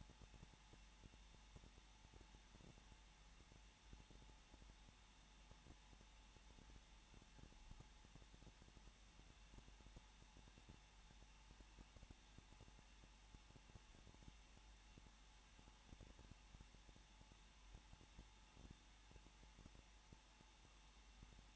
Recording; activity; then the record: daily activity, microphone in the room; no activity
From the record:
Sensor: 1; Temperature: 20.1 degrees Celsius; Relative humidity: 39.3%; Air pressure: 1006.4 hPa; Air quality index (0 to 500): 218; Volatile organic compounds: 79 ppm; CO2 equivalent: 3603 ppm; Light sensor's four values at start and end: 1/2/1/1 and 1/2/1/1